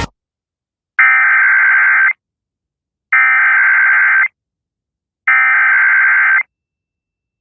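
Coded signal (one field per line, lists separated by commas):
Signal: Emergency Alert System (SAME) tones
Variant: header bursts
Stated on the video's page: EAS severe weather alerts from Indiana that interrupted songs.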